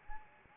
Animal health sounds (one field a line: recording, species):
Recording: mosquito wingbeat signal from an infrared sensor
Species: Anopheles arabiensis